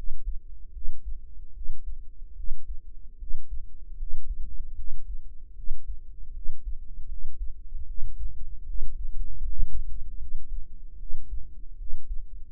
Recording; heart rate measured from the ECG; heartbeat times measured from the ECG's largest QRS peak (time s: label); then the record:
heart sounds by microphone in the right ear; 76 bpm
0.71 s: heartbeat
1.52 s: heartbeat
2.34 s: heartbeat
3.17 s: heartbeat
3.96 s: heartbeat
4.74 s: heartbeat
5.53 s: heartbeat
6.32 s: heartbeat
7.06 s: heartbeat
7.85 s: heartbeat
8.64 s: heartbeat
9.39 s: heartbeat
10.17 s: heartbeat
10.97 s: heartbeat
11.76 s: heartbeat
12.49 s: heartbeat
From the record:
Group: healthy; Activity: rest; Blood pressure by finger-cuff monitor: 95/62 mmHg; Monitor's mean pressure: 74 mmHg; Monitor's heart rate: 77 bpm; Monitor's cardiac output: 6.5 L/min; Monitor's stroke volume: 85 mL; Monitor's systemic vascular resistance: 810 dyn s/cm5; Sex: female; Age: 19 years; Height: 163 cm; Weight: 48.9 kg